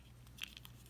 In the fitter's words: just snaps back in beautiful